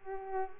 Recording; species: mosquito wingbeat signal from an infrared sensor; Culex pipiens